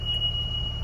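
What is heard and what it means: During a pre-trip inspection of a 2024 IC lift bus, the rear emergency door is being closed, its metal latch heading into the door frame. A steady high buzzer tone sounds over a low rumble, with no sharp hits. Nothing has latched or seated yet.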